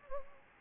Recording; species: mosquito wingbeat signal from an infrared sensor; Anopheles arabiensis